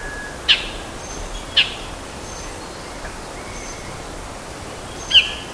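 Bird calls, three brief high chirps spaced irregularly, two close together early and one near the end, with quiet hissing background between them.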